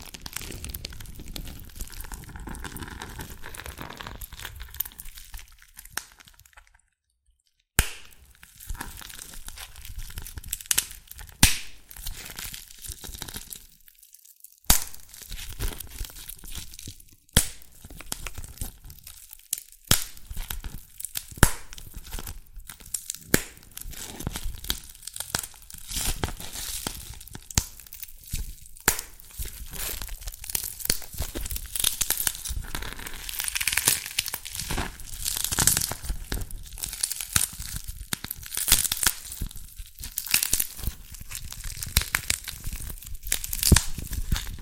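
Dalgona candy being tapped and cracked, with dense bursts of sharp, crisp crackles and scraping that come in quick irregular clusters. Brief full silences break it up near 7, 14 and 20 seconds, and the activity grows busier and brighter toward the end.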